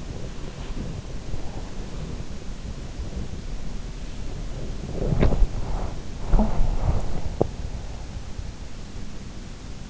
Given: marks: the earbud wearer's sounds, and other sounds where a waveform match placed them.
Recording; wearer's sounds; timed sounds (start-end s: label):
sounds in sleep by an in-ear microphone; body movement, talking in sleep
0.00-3.39 s: body movement
4.43-7.67 s: body movement
6.30-6.84 s: talking in sleep